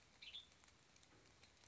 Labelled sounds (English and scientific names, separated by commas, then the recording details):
Western Tanager (Piranga ludoviciana)
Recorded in Sonoma County, California